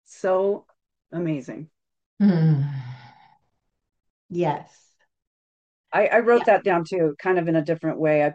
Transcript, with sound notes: So amazing.
(sighs) Yes.
I- I wrote that down too-
Yeah.
... kind of in a different way.